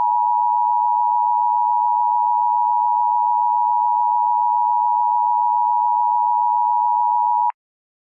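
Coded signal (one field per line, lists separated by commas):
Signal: Emergency Alert System (SAME) tones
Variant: 853 and 960 Hz attention tone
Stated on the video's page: Fictional EAS scenario.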